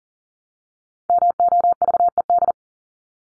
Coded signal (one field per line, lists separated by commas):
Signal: Morse code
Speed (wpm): 40 wpm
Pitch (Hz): 700 Hz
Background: none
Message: MOVED